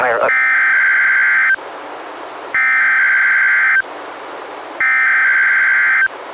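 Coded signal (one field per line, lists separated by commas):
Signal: Emergency Alert System (SAME) tones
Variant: header bursts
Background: speech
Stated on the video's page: NOAA Weather Radio required monthly test for the Great ShakeOut earthquake/tsunami drill, relayed by Astoria transmitter, recorded directly from a Reecom R-1630 weather radio via Zoom H1 recorder.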